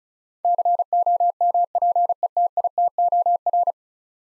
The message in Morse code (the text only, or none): COMPETITOR